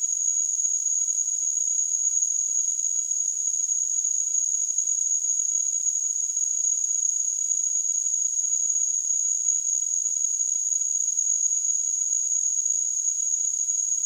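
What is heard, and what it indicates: Simulated tinnitus: a steady, continuous high-pitched tone with a faint hiss around it, unchanging throughout.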